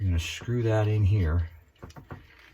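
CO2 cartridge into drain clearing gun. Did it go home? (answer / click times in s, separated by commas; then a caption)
no / none. Someone talks while a metal CO2 cartridge is being handled for screwing into the handle housing of a drain clearing gun, followed by faint handling sounds. Nothing has seated or clicked yet, and the pin has not yet pierced the cartridge's seal.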